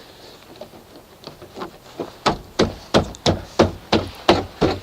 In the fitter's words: just snaps into place and that's